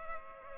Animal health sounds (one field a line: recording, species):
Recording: mosquito wingbeat signal from an infrared sensor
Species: Culex pipiens